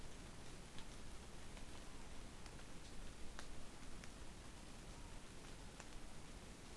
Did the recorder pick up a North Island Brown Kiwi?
no